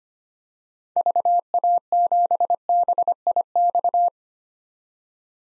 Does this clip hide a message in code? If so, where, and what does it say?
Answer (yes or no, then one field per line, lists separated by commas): yes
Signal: Morse code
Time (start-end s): 1.0-4.1 s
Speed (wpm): 25 wpm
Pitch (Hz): 700 Hz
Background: none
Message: VA7BIX